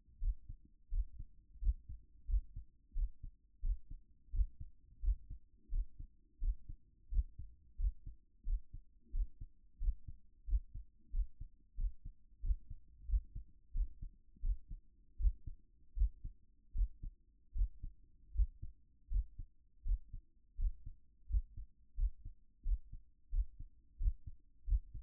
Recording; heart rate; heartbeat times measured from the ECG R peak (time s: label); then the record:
heart sounds by stethoscope; 88 bpm
0.19 s: heartbeat
0.89 s: heartbeat
1.59 s: heartbeat
2.26 s: heartbeat
2.93 s: heartbeat
3.61 s: heartbeat
4.31 s: heartbeat
5.00 s: heartbeat
5.69 s: heartbeat
6.39 s: heartbeat
7.09 s: heartbeat
7.77 s: heartbeat
8.44 s: heartbeat
9.11 s: heartbeat
9.78 s: heartbeat
10.45 s: heartbeat
11.11 s: heartbeat
11.76 s: heartbeat
12.41 s: heartbeat
13.06 s: heartbeat
13.72 s: heartbeat
14.41 s: heartbeat
15.17 s: heartbeat
15.94 s: heartbeat
16.73 s: heartbeat
17.53 s: heartbeat
18.32 s: heartbeat
19.08 s: heartbeat
19.83 s: heartbeat
20.56 s: heartbeat
21.27 s: heartbeat
21.95 s: heartbeat
22.63 s: heartbeat
23.30 s: heartbeat
23.98 s: heartbeat
24.65 s: heartbeat
From the record:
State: at rest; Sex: male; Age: 42 years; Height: 186 cm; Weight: 80 kg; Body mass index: 23.12